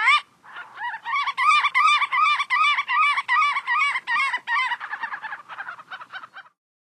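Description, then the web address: Marbled godwit calling in a fast run of loud, nasal, repeated notes, roughly three per second, fading toward the end. Western USA. "Songs of Birds of North America Western USA Songbirds. Marbled Godwit"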